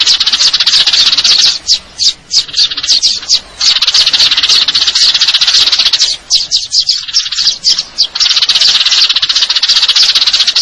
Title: GEREJA TARUNG NEMBAK PANJANG SUARA JERNIH MASTERAN WAJIB BURUNG LOMBA